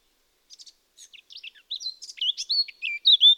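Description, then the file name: Eurasian blackcap song: a few soft scratchy notes that quickly swell into a loud, clear whistled warble. "Sylvia atricapilla"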